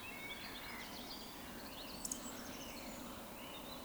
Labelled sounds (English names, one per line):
Eurasian Woodcock